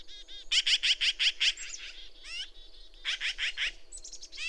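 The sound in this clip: Bird song: rapid series of loud, buzzy repeated notes, then sweeping slurred whistles and another quick burst of notes.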